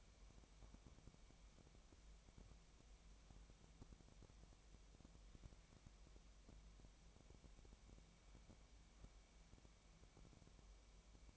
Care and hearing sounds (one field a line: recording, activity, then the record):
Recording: daily activity, microphone in the room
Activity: wipe stove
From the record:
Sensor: 1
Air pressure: 1003.3 hPa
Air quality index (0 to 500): 199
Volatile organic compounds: 6 ppm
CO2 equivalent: 1905 ppm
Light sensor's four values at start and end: 9/21/9/10 and 9/21/9/10